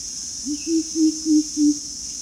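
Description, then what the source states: Greater coucal: a single series of five low, hollow hoots at an even pace, set against a constant high-pitched insect hum. Recorded at Danum on 1 April 2006.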